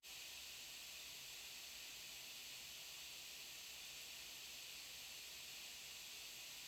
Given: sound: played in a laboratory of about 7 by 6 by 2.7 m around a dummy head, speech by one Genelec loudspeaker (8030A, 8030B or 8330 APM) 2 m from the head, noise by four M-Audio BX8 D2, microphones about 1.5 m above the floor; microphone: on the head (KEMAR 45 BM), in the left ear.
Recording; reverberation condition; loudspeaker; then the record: white noise; low; four, about 170 cm from the corners of the room and facing them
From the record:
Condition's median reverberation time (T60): about 310 ms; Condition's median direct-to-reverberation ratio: about 3.5 dB